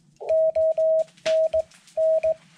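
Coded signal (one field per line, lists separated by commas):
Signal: Morse code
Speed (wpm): 19 wpm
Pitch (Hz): 640 Hz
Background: none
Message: ONN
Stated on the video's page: Morse from a QRP portable station operating in Winter Field Day.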